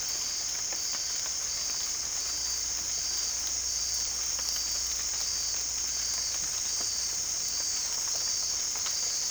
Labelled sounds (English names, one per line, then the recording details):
none
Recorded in dense forest near Puerto Asís, Putumayo, Colombia, on 22 December 2024 at 18:30
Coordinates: 0.485, -76.318
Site GP03